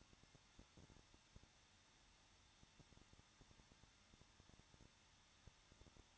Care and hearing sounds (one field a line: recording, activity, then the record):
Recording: daily activity, microphone in the room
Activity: no activity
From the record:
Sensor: 3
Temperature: 21.2 degrees Celsius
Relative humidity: 36.5%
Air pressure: 1006.4 hPa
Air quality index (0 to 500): 224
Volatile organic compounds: 44 ppm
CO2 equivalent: 3215 ppm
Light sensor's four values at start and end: 2/3/2/2 and 2/3/2/2